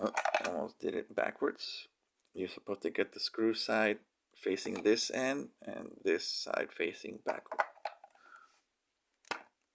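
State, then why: Seated. A plastic part of the GI Joe Classified Series Air Chariot toy vehicle, turned the right way round with its screw side facing one end, is pushed into its mount on the plastic vehicle body while someone talks. After a few faint taps around 7.9–8.1 s, a sharp click at 9.3 s shows the part has seated in place.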